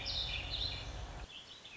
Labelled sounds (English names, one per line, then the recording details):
Warbling Vireo
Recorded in Sonoma County, California